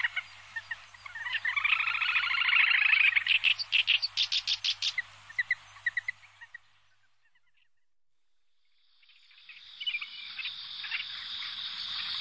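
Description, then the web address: Little grebe giving a rapid whinnying trill that breaks into separate pulses, then a pause and a steady high hiss. Recorded in the Sakhalin and Kuril Islands region. "priroda sakhalina i kuril. Tachybaptus ruficollis"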